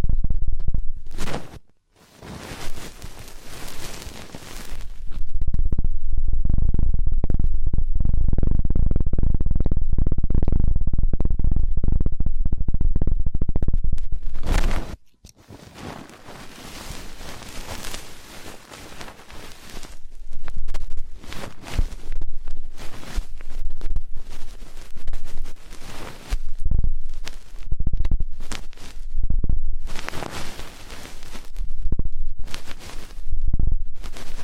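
Ear cleaning sounds: a loud, muffled rubbing roar dominates from about three to fifteen seconds, low and thick. After a brief drop near fifteen seconds, dense crackling and scratching take over, bright and choppy, with quick bursts and short gaps to the end.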